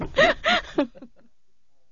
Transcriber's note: they laugh